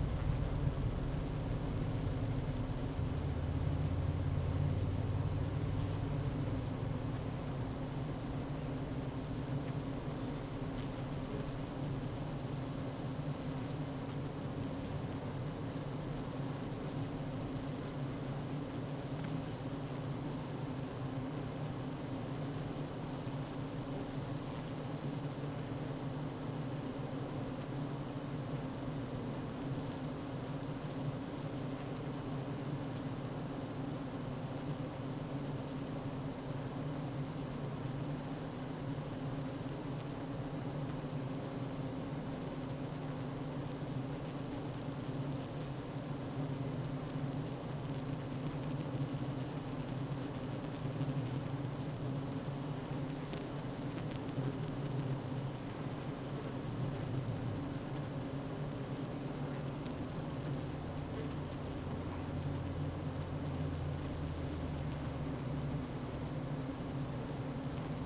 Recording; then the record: honeybee colony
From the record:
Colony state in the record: active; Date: 12 June 2018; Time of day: 10:08